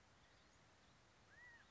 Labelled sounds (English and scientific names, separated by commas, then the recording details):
California Quail (Callipepla californica)
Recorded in Sonoma County, California